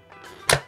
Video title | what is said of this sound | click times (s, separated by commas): Paint Sprayer VS Paint Roller - WHICH IS BETTER?? Wagner FLEXIO 590 Paint Gun Review & Unboxing | like so and there's no turning it just basically snaps in place | 0.5 s